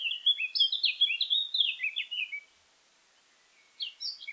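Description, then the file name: Eurasian blackcap song: a fast, scratchy warbled phrase of varied high notes lasting over two seconds, then a pause and the start of another phrase. "Sylvia atricapilla"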